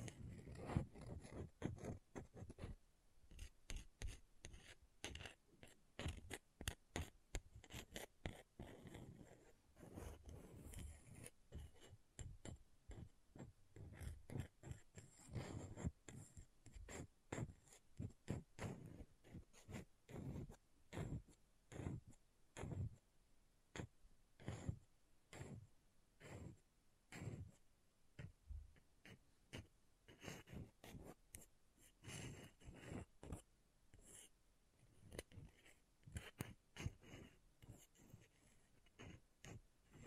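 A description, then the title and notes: An object scratches in a dense, irregular run of rough, rasping strokes, heavier in the first half and sparser, sharper clicks later. ASMR Brain Melting Object Scratching (No Talking).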